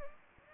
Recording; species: mosquito wingbeat signal from an infrared sensor; Anopheles gambiae